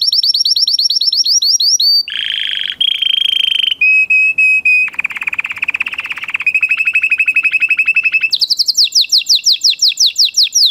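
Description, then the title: Belgian canary song moving through varied tours: fast high rising trills, a buzzy lower rattle, steady pulsed trills, then rapid rising high notes again. Male Belgian canary singing a lot, for training and warming up young canaries. "Esquente Seu Filhote E Canario Belga Macho Cantando Muito. Canary 's song for training"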